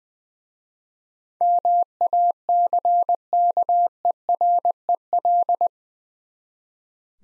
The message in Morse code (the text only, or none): MACKEREL